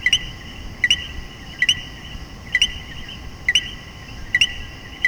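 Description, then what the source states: Common coquí calling repeatedly, several crisp two-part 'co-quí' notes, the second note higher, with soft background noise between calls. Puerto Rico.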